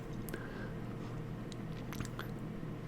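A plastic rear-end and exhaust assembly is handled and pressed toward the chassis of a 1:25 scale Revell 14512 '71 Boss 351 Mustang model kit. Light plastic ticks and taps sound at about 0.3, 1.5, 1.9 and 2.2 seconds over a steady low hum. Nothing has seated or clicked into place yet.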